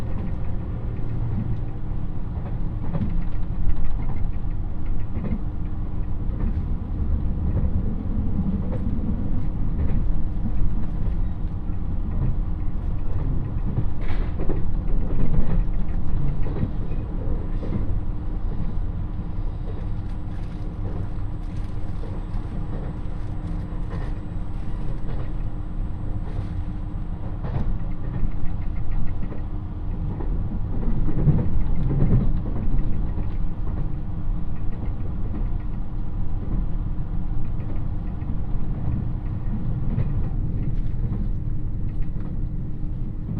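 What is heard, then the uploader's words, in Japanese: A ride aboard the Dosan Line limited express Nanpu No. 26 between Awa-Ikeda and Tadotsu: a steady low rumble of the moving train fills the whole clip, with a faint held tone running underneath. Brief clacks and rattles come through often, clustering around the middle and again near the end. 土讃線特急南風26号 阿波池田→多度津。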